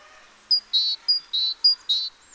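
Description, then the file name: Great tit calling with three quick two-note pairs, a thin high note followed by a lower, fuller one, repeated steadily over about two seconds. "Parus major"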